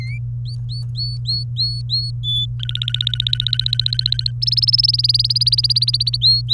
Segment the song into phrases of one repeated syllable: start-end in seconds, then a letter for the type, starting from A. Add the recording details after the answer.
0.45-2.11 A, 2.23-2.46 B, 2.59-4.31 C, 4.42-6.17 D, 6.21-6.53 A. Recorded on 24 April 2018 at 12:19. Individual llb3